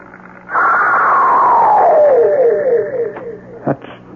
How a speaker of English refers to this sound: Well, did Mr. Perkins get a recording of this shriek? He did. He gave it to me here in his tape machine. Could we hear it? Certainly.